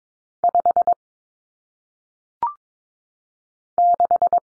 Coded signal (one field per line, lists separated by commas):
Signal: Morse code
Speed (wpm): 22 wpm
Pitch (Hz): 700 Hz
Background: none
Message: 5 6